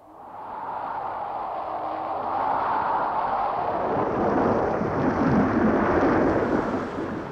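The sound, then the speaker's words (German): A thunderstorm roars with a long, rolling rumble of thunder that swells after the first second and stays loud and dense, a broad wash of stormy noise with no voices. “Raset, ihr Winde! Flammt herab, Blitze! Ihr Wolken berstet und ersäuft das Land!”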